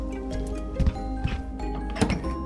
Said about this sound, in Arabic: سمعنا الباب يطرق بصخب شديد، فأسرع جحا لفتحه.